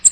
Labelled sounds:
American Redstart flight call

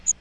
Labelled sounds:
Magnolia Warbler flight call

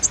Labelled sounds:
Virginia's Warbler flight call

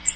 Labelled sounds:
Cape May Warbler flight call

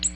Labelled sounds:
Ovenbird flight call

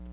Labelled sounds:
Black-throated Blue Warbler flight call

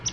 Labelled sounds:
Palm Warbler flight call

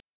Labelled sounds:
Yellow-rumped Warbler flight call

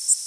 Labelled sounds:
Worm-eating Warbler flight call

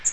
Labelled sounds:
Magnolia Warbler flight call

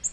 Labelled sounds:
Nashville Warbler flight call

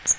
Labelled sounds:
Magnolia Warbler flight call

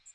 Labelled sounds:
Magnolia Warbler flight call

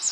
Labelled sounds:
Magnolia Warbler flight call

